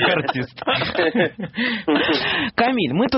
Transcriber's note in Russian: Смех